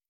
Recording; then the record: hydrophone in a shrimp aquaculture tank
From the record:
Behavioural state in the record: starved